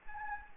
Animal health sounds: mosquito wingbeat signal from an infrared sensor; Anopheles arabiensis

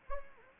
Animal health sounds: mosquito wingbeat signal from an infrared sensor; Anopheles gambiae

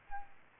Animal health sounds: mosquito wingbeat signal from an infrared sensor; Aedes albopictus

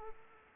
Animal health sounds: mosquito wingbeat signal from an infrared sensor; Aedes aegypti

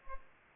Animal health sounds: mosquito wingbeat signal from an infrared sensor; Culex pipiens

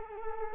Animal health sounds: mosquito wingbeat signal from an infrared sensor; Culex quinquefasciatus

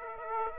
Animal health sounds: mosquito wingbeat signal from an infrared sensor; Aedes aegypti

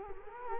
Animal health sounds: mosquito wingbeat signal from an infrared sensor; Culex quinquefasciatus

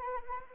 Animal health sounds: mosquito wingbeat signal from an infrared sensor; Anopheles arabiensis

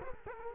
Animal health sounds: mosquito wingbeat signal from an infrared sensor; Culex quinquefasciatus

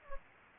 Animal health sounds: mosquito wingbeat signal from an infrared sensor; Anopheles gambiae

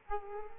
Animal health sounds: mosquito wingbeat signal from an infrared sensor; Culex quinquefasciatus

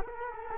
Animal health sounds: mosquito wingbeat signal from an infrared sensor; Culex quinquefasciatus

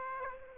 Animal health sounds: mosquito wingbeat signal from an infrared sensor; Aedes aegypti

